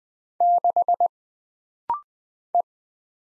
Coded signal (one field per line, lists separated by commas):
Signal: Morse code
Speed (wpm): 20 wpm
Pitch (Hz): 700 Hz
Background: none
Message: 6 E